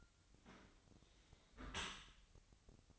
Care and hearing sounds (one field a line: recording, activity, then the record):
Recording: daily activity, microphone in the room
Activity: close dishwasher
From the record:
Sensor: 3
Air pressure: 1003.1 hPa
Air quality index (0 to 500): 196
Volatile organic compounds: 6 ppm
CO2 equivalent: 1918 ppm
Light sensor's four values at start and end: 23/58/25/26 and 23/58/24/26